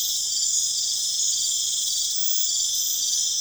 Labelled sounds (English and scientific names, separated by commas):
none